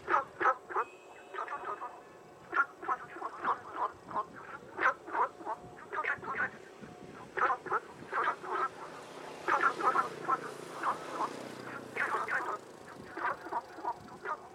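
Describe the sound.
Frogs calling in a dense chorus, short croaking notes overlapping rapidly and unevenly throughout, with a faint hiss behind.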